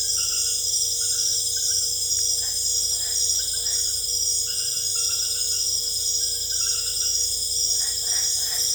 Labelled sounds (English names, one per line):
none